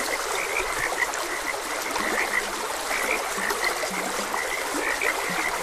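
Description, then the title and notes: Frogs croaking in a busy high chorus, with occasional deeper, drawn-out croaks, all over a steady babbling stream. Frogs croaking beside a gentle stream. "Frogs Croaking. Sleep and Relaxation Podcast"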